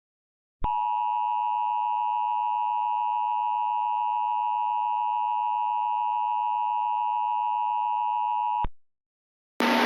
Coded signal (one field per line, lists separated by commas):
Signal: Emergency Alert System (SAME) tones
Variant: 853 and 960 Hz attention tone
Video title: EAS Mock: "Why would you even issue this in the first place?"